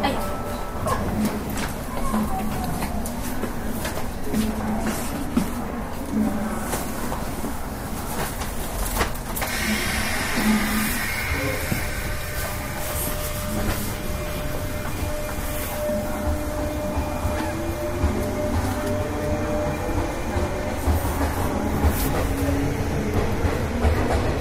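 A 221 series electric train runs with a steady low rumble, rhythmic wheel clicks, occasional clanks, and a brighter whine rising after ten seconds.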